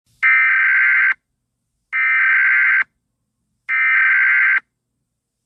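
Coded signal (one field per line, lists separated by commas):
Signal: Emergency Alert System (SAME) tones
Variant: header bursts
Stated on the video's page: Fictional end-of-the-world EAS scenario using valid EAS tones; made for entertainment.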